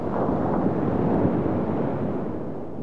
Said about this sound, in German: Ich rein und die Sonne geht unter. Wahrscheinlich verschwand sie ja einfach im Meer. Ein feuriger, roter Riesenball versinkt mit einem gewaltigen Zischen im Meer.